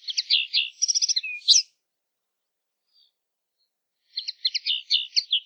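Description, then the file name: Common linnet song: fast twittering bursts of buzzy, trilled notes, a gap of silence, then another twittering phrase. "kneu zang"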